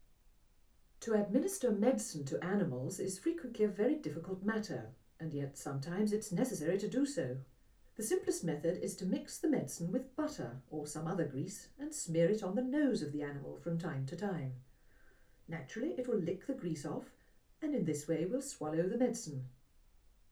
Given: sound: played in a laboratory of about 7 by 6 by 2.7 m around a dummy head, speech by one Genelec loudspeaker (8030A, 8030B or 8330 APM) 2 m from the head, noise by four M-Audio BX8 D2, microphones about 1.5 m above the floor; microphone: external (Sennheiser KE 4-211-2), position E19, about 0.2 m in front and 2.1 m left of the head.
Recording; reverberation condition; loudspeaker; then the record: female speech in English; low; in front (0 degrees)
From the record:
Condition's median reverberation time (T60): about 310 ms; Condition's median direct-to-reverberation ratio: about 3.5 dB